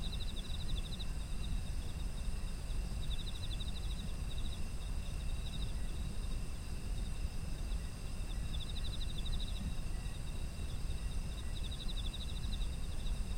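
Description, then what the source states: Insect chorus with rapid pulsed trills recurring several times, layered on continuous high-pitched buzzing tones and low background rumble. Autumn insects, environmental ambient sound.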